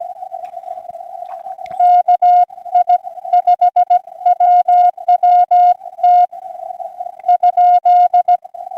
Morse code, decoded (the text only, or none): KI5WWT ?